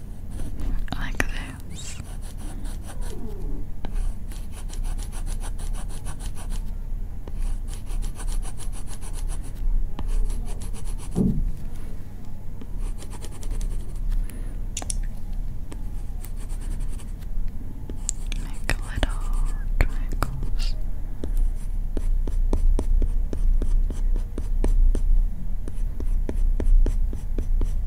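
Soft brushing and combing strokes scratch steadily across the whole recording, a dense run of light rasping sweeps and small ticks. A low hum sits underneath throughout. After about twenty seconds the strokes turn quicker and more clipped, with sharper clicks.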